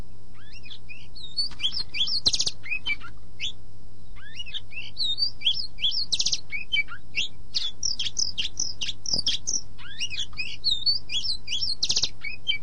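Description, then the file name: Oriental magpie-robin sings bursts of varied whistles and brief rattles, separated by short gaps, over a steady low hum. "suara burung kacer"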